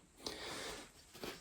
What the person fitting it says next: so it snaps right in